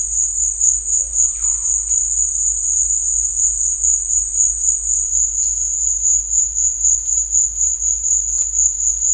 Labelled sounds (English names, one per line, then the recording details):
none
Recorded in dense forest near Puerto Asís, Putumayo, Colombia, on 18 December 2024 at 14:00
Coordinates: 0.481, -76.323
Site G100